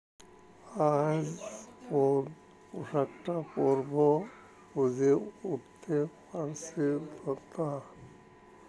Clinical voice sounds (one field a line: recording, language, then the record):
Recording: elicited speech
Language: Bengali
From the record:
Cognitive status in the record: dementia